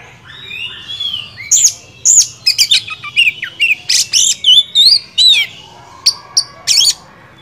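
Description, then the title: Oriental magpie-robin song: a dense stream of varied whistles and sharp notes, delivered rapidly with brief gaps between phrases. Champion (juara) kacer song, used to train other songbirds (masteran). "Masteran Kacer Juara"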